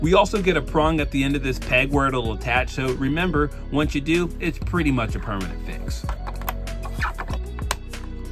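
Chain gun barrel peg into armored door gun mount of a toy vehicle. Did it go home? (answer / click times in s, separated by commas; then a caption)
yes / 7.7 s. A 3D-printed plastic chain gun barrel with a forked prong on its peg is pushed into the gun mount on the armored door of a Gridiron Studios Gator toy boat. Someone talks over music, then a few small taps and clicks follow. The peg snaps into place at 7.7 s, a fix that is pretty much permanent once attached.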